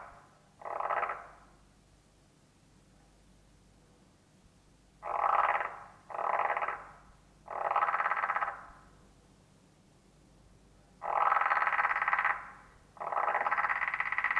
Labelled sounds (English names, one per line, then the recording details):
Edible Frog call
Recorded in captivity
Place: Museum für Naturkunde Berlin, Berlin, DE
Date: 1966-05-05
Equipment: Smaragd, Grundig-Mikrofon
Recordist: Günther, Rainer